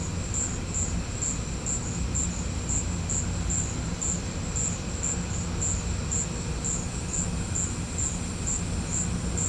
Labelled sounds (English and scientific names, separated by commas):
none